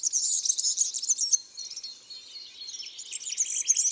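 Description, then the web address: European serin song: very high, fast glittering jingle, briefly softer in the middle, then resuming with rapid buzzy twitters. Among garden birds. "Serin cini. album oiseaux-des-jardins"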